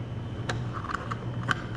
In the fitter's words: anyway that just snaps right into there